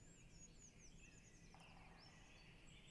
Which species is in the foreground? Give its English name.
Great Spotted Woodpecker